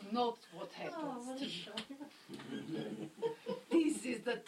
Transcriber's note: laughter